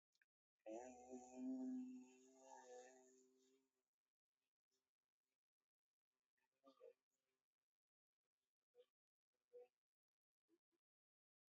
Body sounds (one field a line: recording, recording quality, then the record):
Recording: sustained vowel as in made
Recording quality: excellent, no background noise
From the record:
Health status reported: healthy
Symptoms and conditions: none ticked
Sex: male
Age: 53 years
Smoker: yes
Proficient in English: yes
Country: India